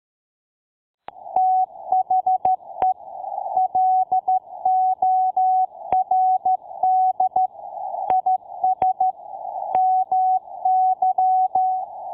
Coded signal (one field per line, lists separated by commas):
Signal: Morse code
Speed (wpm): 13 wpm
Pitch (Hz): 750 Hz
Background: none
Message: THE LORD IS MY